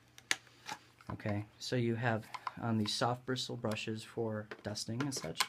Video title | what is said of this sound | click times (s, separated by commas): Dyson DC56 Hard Cordless Hand Vacuum Review | just snaps right in easy as that | 0.3 s